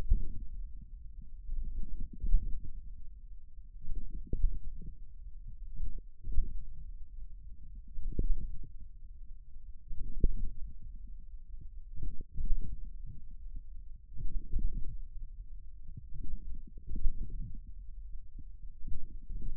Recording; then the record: forearm muscle sounds (acoustic myography)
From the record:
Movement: wrist extension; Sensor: system 1, eight BSWA MPA416 microphones around the upper forearm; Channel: 8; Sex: male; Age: 41 years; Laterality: right